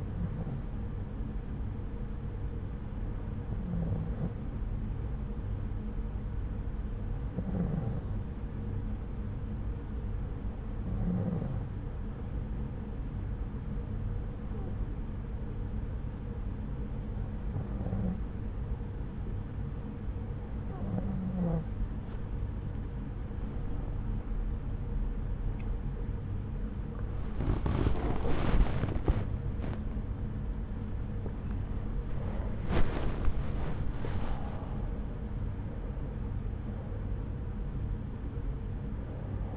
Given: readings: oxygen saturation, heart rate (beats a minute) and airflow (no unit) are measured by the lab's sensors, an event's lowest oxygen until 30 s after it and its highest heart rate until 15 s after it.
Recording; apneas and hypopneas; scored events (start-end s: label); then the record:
breathing in sleep by a smartphone at the bedside; 1
7.00-27.50 s: hypopnea (N2, oxygen 93% highest, then 93% lowest, heart rate 70 at the start, 91 highest)
21.00-39.57 s: new sleep stage, awake
24.00-39.57 s: awake
From the record:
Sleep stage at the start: N2 (light sleep); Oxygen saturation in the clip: 93 to 94%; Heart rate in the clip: 70 to 91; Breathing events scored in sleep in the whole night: 303 in 8.1 hours asleep